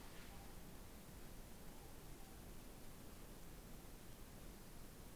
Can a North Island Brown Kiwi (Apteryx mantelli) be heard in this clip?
no